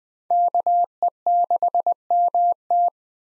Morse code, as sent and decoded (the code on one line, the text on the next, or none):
-.- . -.... -- -
KE6MT